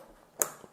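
The trigger is pulled on an opened trigger unit of a spring airsoft sniper rifle, and the sear moves aside to release the piston from the sear. The piston snaps forward with a sharp, bright click at 0.4 s, followed by a faint tap near 0.6 s and a softer sound at the end. The piston is released.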